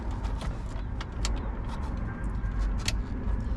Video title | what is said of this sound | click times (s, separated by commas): 2005 Chevy Suburban - GMT-800 HVAC Control Module - Tahoe, Yukon, Silverado GMC | Clicks in, and now, | 1.2 s, 2.9 s